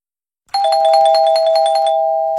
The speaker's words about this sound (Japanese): くじクイズ締め切りのチャイムが鳴りました、 はい、 たくさんのお答えをありがとうございました。